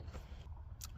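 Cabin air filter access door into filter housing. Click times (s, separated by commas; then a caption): 0.8 s. On a 2015–2021 Kia Sorento / Sedona, the plastic cabin air filter access door is closed over the housing after a new cabin air filter has been slid in. Low background rumble gives way to a single sharp, bright snap at 0.8 s as the door latches shut into the filter housing, seating properly.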